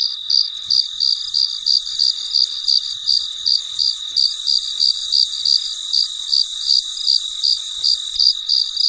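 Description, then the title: Cricket chirping, high pulsed chirps repeated rapidly over a steady high hum. Recorded late at night in very quiet surroundings. "深夜录制蟋蟀昆虫声"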